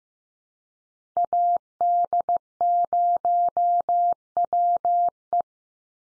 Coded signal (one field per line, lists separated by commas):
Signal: Morse code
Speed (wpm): 15 wpm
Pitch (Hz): 700 Hz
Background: none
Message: AD0WE